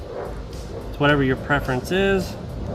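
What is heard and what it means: A plastic retainer lock is handled while being lined up to press onto the back of a Polaris relay harness connector, past the wire seals, as a basic 2-wire relay harness is converted to a 3-wire one. Someone talks over low background noise. Nothing has seated or snapped on yet.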